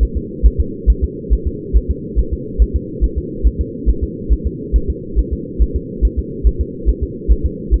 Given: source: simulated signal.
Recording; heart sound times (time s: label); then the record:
fetal heart sounds
0.03 s: S1
0.17 s: S2
0.46 s: S1
0.60 s: S2
0.90 s: S1
1.04 s: S2
1.33 s: S1
1.47 s: S2
1.77 s: S1
1.91 s: S2
2.19 s: S1
2.33 s: S2
2.62 s: S1
2.76 s: S2
3.04 s: S1
3.18 s: S2
3.47 s: S1
3.61 s: S2
3.89 s: S1
4.03 s: S2
4.33 s: S1
4.47 s: S2
4.76 s: S1
4.90 s: S2
5.19 s: S1
5.33 s: S2
5.62 s: S1
5.76 s: S2
6.05 s: S1
6.19 s: S2
6.47 s: S1
6.61 s: S2
6.89 s: S1
7.03 s: S2
7.32 s: S1
7.46 s: S2
7.74 s: S1
From the record:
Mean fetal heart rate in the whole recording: 140 bpm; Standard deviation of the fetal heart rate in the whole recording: 2 bpm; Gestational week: 34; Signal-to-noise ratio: -4.3 dB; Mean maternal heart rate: 72 bpm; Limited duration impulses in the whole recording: absent